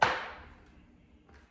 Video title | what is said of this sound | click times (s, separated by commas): #WARNING #PREPARE + Who Will Feed Your Family If You Don’t + Storing Food For My Family Of 4 | so we got this part snapped, so I'm gonna spin it around. | 0.0 s